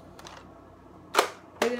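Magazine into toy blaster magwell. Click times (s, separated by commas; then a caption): 1.2 s, 1.6 s. A plastic foam-ball magazine, with its tab forward, is pushed into the magwell of a Nerf Rival Apollo toy blaster. After faint handling noise, a sharp plastic click at 1.2 s seats it, and a second tap at 1.6 s gives another click with a brief ringing tail, confirming the magazine is seated.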